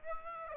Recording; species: mosquito wingbeat signal from an infrared sensor; Aedes aegypti